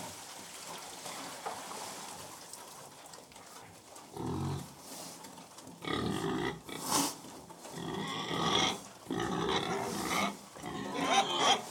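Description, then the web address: Pig: quiet munching at first, then pigs break into loud squeals and grunts in repeated bursts toward the end. Pigs feeding; livestock. "The BBC Sound Effects Library (Livestock) Pigs Feeding"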